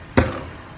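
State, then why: Seated. A Blum Legrabox drawer box with glass sides is pushed back onto its drawer runners until it locks. A single sharp, broadband pop at 0.2 s shows the drawer seating in place, with a short decay after it.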